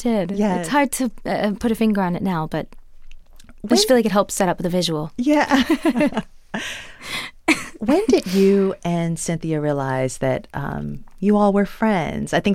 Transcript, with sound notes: It's hard to put a finger on it now, but you feel like it helps set up with the visual.
Yeah.
(LAUGHTER)
When did you and Cynthia realize that you all were friends?